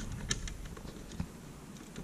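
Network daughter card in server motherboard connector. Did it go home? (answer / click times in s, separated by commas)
released / 0.3 s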